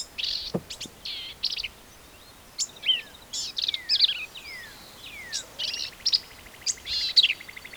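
Black-capped vireo giving varied buzzy and squeaky high phrases, with a quiet gap early on, then a dense stretch of chatters and falling slurs.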